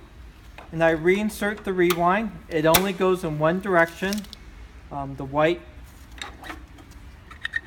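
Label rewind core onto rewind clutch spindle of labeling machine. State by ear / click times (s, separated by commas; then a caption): seated / 7.5 s, 7.6 s. Someone talks while a label rewind core is reinserted onto the rewind clutch spindle of an Advent 300 labeling machine, with its white cap facing the one direction it fits and a spring-loaded plunger on one side. Faint handling taps follow the talking, and the core clicks into place with two sharp clicks at 7.5 s and 7.6 s.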